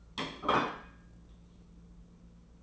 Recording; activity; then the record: daily activity, microphone in the room; place plate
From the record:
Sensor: 1